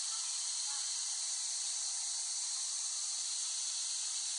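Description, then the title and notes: Cicada chorus, a loud unbroken high electric hiss that stays even in pitch and volume from start to finish. Cicadas in West Brighton, Staten Island, late summer 2008. "Dronecast No. 021: The Cicadas of Summer. Recording of cicadas made in West Brighton, Staten Island, late summer 2008"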